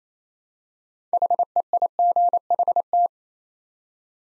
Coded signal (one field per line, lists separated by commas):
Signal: Morse code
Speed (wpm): 27 wpm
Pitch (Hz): 700 Hz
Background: none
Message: HEIGHT